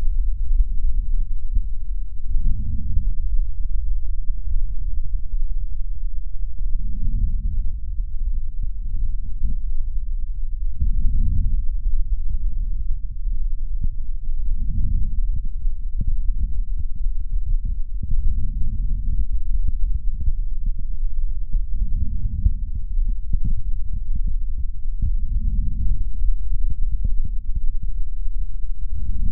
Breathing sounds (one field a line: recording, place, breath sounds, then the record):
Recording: lung sounds by stethoscope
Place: left posterior middle chest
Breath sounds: expiratory wheeze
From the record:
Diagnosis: COPD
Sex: male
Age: 53 years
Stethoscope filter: bell mode, 20 to 200 Hz